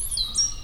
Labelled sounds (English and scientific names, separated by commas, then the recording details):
Stitchbird (Notiomystis cincta) song
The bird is a male
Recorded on Tiritiri Matangi Island, New Zealand, in 2005
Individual 7, of nest box 9